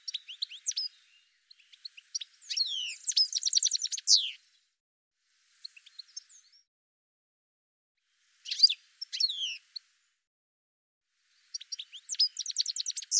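Bird delivering several bursts of varied high song, with sweeping chirps and fast trills broken by pauses and a few scattered single notes.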